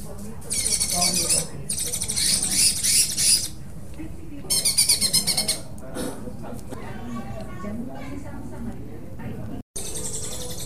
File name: cucak hijau dengan tembakan dan besetan parkit omkicau